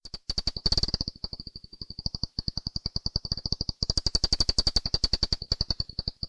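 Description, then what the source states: Brown long-eared bat echolocation as a steady stream of quick clicking pulses, briefly denser and louder early on, with a persistent high-pitched tone underneath. Brown long-eared bat in Valley Gardens, Harrogate.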